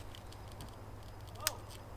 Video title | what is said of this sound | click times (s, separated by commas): Mk6 gli "CTS turbo catch can install" | You'll hear the click and it'll unclick. | 1.5 s